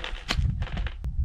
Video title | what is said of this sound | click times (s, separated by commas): WarBull 360-Degree Swivel Bucket Cushion - Hunting, Fishing, Gardening and Camping, Waterproof | line it up and press down and it'll lock into place | 0.3 s